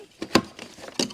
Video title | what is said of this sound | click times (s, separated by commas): DIY Kidney Grille Swap, Badge Replacement, & Bumper Paint - BMW E91 330d | click like that | 0.4 s